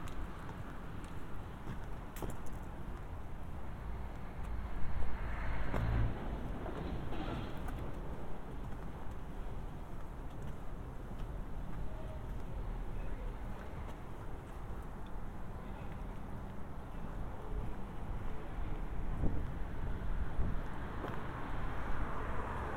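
A binaural walk toward the Mount Vernon Public Library, with a steady low rumble of passing vehicles and outdoor noise throughout. Faint voices surface now and then, and a few sharp knocks or bumps stand out near five to seven seconds and again around nineteen seconds.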